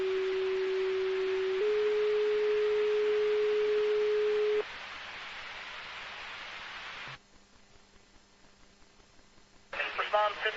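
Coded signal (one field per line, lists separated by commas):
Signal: two-tone page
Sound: one steady low tone, then a slightly higher longer tone, then radio hiss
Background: radio static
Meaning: Alerts Rutland City Fire to a structure fire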